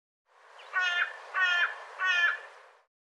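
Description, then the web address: Bird calls: three harsh, nasal caws, each with rich harmonic layers; no other sounds. "cianscape birddata"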